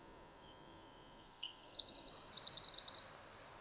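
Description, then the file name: Eurasian blue tit song: a high thin stuttering note sliding into a long, pulsing trill that fades at the end, with no other sounds. "Cyanistes caeruleus"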